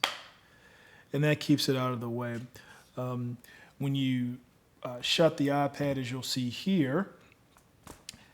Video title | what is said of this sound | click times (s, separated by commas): Logitech Slim Folio Pro Review (for iPad Pro 3rd Gen) | on it because this has a magnet you'll hear it click into place and that | 0.0 s